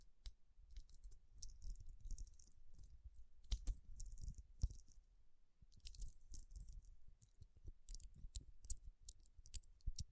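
Fingertips tap and rub across rhinestone-covered palms, making dense, irregular clicks and bright scratchy rustles over a low thumping rub. The sound comes in bursts, with a short quiet gap near five seconds, and sharp taps stand out around 3.5, 4.5 and 8.5 seconds.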